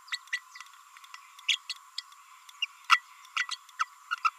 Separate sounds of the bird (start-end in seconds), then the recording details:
0.32-0.41, 1.48-1.58, 1.69-1.74, 2.61-2.66, 2.89-3.02, 3.36-3.48, 3.79-3.85, 4.24-4.30. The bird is a female. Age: 30 days. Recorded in a nest box in Venezuela. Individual 17B32A5